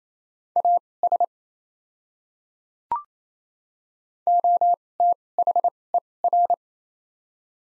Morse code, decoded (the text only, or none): AS OTHER